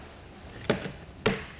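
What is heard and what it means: A rubber foot pad is pressed onto the bottom of a plastic Yakima RidgeLine roof rack leg, part of a rack for flush rails on a 2019 Toyota Tacoma. Two sharp clicks are heard at 0.7 s and 1.3 s, and the pad snaps on and is seated.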